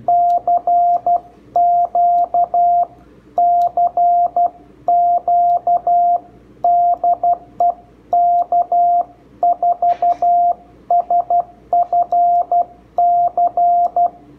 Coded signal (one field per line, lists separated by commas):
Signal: Morse code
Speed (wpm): 12 wpm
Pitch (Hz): 700 Hz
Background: radio noise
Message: CQ CQ DE K4SFC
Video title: QRP Guys Iambic Paddle Kit Build